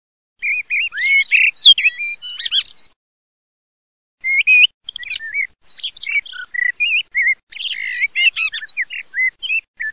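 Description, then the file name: Eurasian blackbird singing two varied phrases of fluty whistles mixed with high, squeaky twittering, with a pause of over a second between them. "MERLO"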